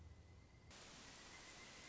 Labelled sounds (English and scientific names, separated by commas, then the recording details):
Pileated Woodpecker (Dryocopus pileatus)
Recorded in Sonoma County, California